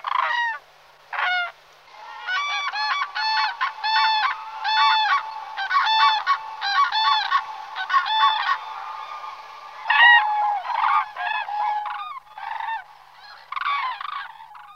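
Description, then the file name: Cranes calling: two single calls, then a dense run of overlapping bugling calls rich in harmonics, breaking into shorter bursts toward the end. "gru"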